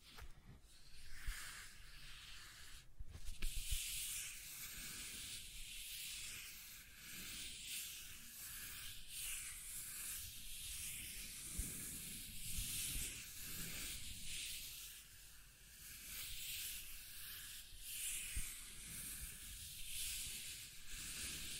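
Scratching and tracing sounds form a continuous, dense hiss, mostly bright and scraping, with a thumping low rumble underneath. The strokes swell and fade unevenly, with a sharper, louder burst around three seconds and steady rough scraping for the rest.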